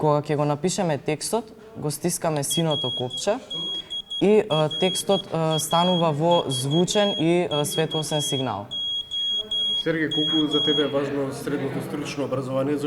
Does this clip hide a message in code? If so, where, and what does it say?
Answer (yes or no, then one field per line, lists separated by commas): yes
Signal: Morse code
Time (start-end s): 2.5-10.8 s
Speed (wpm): 12 wpm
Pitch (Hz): 3300 Hz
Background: speech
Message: RDRAVVOM